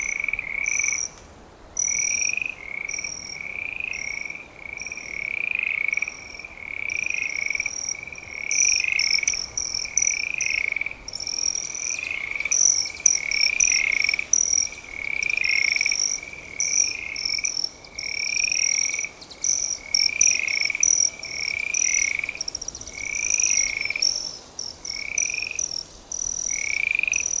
Broad-tailed Hummingbird call and wing buzz sounds recorded in the Wild Basin Moraine in Rocky Mountain National Park.